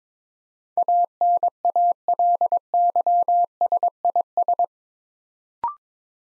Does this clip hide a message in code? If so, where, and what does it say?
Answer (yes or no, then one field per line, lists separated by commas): yes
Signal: Morse code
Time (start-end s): 0.8-4.7 s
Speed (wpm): 22 wpm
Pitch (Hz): 700 Hz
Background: none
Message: ANALYSIS